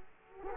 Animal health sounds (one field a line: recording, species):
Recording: mosquito wingbeat signal from an infrared sensor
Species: Culex quinquefasciatus